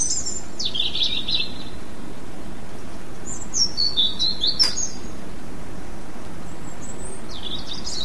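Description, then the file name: European robin singing three short, high, thin phrases with descending slurs and sparkling notes, separated by pauses, over constant low hiss. "rouge gorge"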